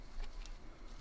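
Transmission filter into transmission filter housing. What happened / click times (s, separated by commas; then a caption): The filter is being handled but has not clicked into its housing yet / none. A new transmission filter on a C8 Z06 is handled as it is pushed up toward its housing, with a low rumble, faint rustling and a brief high tick at about 0.5 s. Nothing has seated or clicked into the housing yet.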